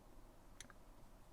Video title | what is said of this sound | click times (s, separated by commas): ILCA / Laser Self Bailer Springs | the little lug on the side of the softballer until it clicks into place step | 0.6 s